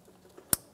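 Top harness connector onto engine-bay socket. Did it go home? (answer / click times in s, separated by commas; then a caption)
yes / 0.5 s. During a MAP sensor replacement on a 2011-2016 Hyundai Elantra, the top electrical harness connector, which had been moved out of the way, is pushed back onto its plastic socket in the engine bay. A faint tick at 0.4 s is followed by one sharp, bright click at 0.5 s, and the connector is seated.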